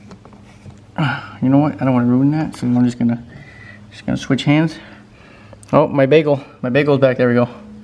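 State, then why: Not seated. A new OEM interior trim panel is handled in the interior of an RX7 while someone talks, with a few faint handling taps near the start and around 5.5 seconds. Nothing has seated or clicked yet; the panel is not home when the clip ends.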